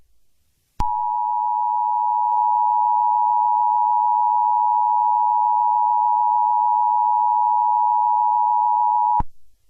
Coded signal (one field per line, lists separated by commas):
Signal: Emergency Alert System (SAME) tones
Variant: 853 and 960 Hz attention tone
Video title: EAS Scenario #3: Freedom's Rampage